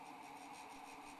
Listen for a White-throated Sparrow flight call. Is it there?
no